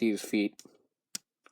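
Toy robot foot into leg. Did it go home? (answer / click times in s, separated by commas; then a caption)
yes / 1.1 s. Someone talks briefly, and then the plastic foot of a Transformers Titans Return deluxe class Skullsmasher & Grax robot toy is folded into its leg and locks into place with a short, sharp little click at 1.2 s. A much fainter tick follows at about 1.5 s, and the foot is seated.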